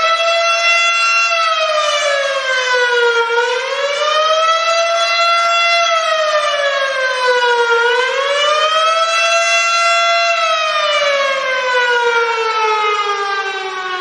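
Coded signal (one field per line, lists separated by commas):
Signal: siren signal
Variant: electromechanical siren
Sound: a loud siren wailing steadily, its pitch sweeping up and down about three times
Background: outdoor ambience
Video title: Federal Signal Model 7 & Gamewell Diaphone for Rescue Call, Glen Head, NY 7/20/2023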